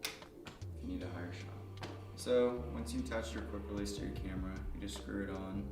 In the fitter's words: just lock it in place by closing it